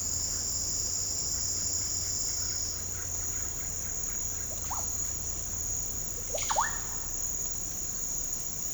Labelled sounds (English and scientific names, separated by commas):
Russet-backed Oropendola (Psarocolius angustifrons)